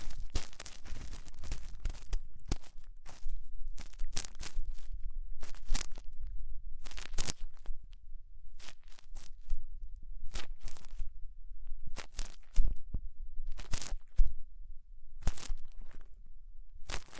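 Ear cleaning with rhinestone and clay removal: a run of short, bright scratchy and crinkling bursts, some brief and some lasting about half a second, coming irregularly every second or so. A low, steady rumble sits underneath throughout.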